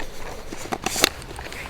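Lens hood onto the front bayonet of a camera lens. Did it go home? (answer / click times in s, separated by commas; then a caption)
yes / 1.0 s. A plastic lens hood is slid onto the front bayonet of a Sony 135mm f1.8 GM telephoto lens and turned, giving small scraping ticks around 0.7 and 0.9 seconds. The hood's locking catch engages with a sharp click at 1.0 seconds, followed by faint handling sounds. The hood is seated and locked in place.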